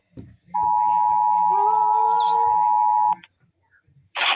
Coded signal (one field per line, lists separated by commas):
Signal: Emergency Alert System (SAME) tones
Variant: 853 and 960 Hz attention tone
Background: speech